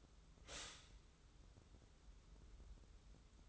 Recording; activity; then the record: daily activity, microphone in the room; stop toaster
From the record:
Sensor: 3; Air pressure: 994.4 hPa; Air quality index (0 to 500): 200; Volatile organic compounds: 1000 ppm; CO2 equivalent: 6625 ppm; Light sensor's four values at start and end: 188/452/190/189 and 188/452/191/190